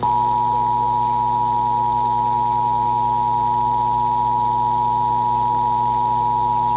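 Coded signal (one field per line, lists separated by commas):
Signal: Emergency Alert System (SAME) tones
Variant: 853 and 960 Hz attention tone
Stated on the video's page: Tennessee required monthly test EAS alert.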